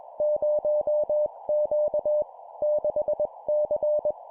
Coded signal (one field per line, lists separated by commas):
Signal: Morse code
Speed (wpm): 21 wpm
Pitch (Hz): 600 Hz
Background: none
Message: 0Q 6C